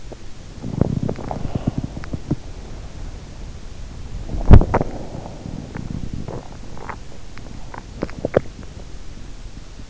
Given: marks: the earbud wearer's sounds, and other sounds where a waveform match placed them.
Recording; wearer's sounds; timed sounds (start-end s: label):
sounds in sleep by an in-ear microphone; body movement
0.00-9.88 s: body movement